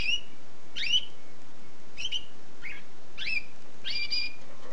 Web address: sounds canary canary-sound